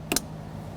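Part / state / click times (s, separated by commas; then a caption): wiring harness connector onto fuel pump module / seated / 0.1 s, 0.2 s. A plastic wiring harness connector is lined up and pressed onto the fuel pump module of a 2009–2014 Nissan Maxima 3.5L V6, giving two sharp clicks at 0.1 s and 0.2 s over a low steady hum. The connector seats and stays in place on a light tug.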